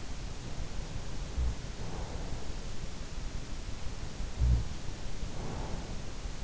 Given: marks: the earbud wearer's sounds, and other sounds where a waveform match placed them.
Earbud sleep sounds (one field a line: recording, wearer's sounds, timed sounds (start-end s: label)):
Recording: sounds in sleep by an in-ear microphone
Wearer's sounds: breath, snoring breath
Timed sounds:
1.20-2.80 s: breath
4.05-6.44 s: snoring breath